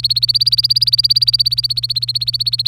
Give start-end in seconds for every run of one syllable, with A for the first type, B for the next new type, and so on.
0.00-2.67 A